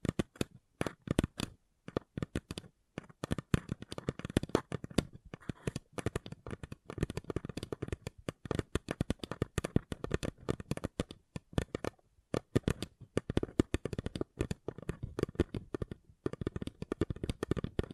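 Paper cup tingles: rapid, dense crinkling and tapping on a paper cup, with sharp crisp clicks packed closely together. The activity is continuous for the whole stretch, with a few brief pauses near 2, 12 and 16 seconds, and busier bursts in between.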